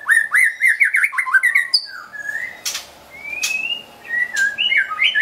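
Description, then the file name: White-rumped shama song: a rapid run of rich whistled notes sliding between pitches, then longer rising whistles broken by sharp clicking strokes. Wild bird from a forest in Medan, singing actively (gacor). "suara burung murai batu hutan medan gacor"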